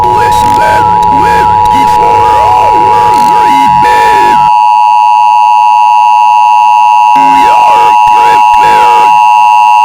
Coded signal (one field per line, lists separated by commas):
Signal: Emergency Alert System (SAME) tones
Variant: 853 and 960 Hz attention tone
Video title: EAS- ALIEN INVASION IMMANENT—————————————————————YOU CANT STOP US